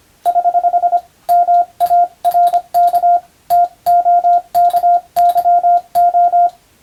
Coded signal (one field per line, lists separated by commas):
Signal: Morse code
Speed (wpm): 25 wpm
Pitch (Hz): 700 Hz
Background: none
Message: <HH> MARK TOKYO